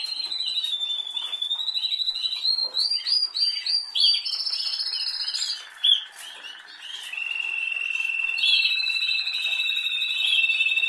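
Canary song: long rolling trills near one pitch shift to rapid chopped notes, then a buzzier lower trill and a high steady roll to the end.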